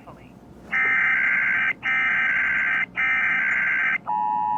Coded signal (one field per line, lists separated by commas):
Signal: Emergency Alert System (SAME) tones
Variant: header bursts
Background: speech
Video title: funny WSCN EAS glitch on Victor reader trek